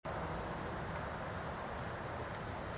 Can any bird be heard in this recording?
yes